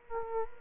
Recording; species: mosquito wingbeat signal from an infrared sensor; Culex quinquefasciatus